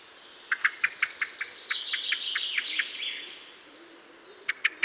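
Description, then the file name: Common blackbird sharp clicking calls, a quick irregular series of hard chinks, then a few more chinks near the end. "Turdus merula"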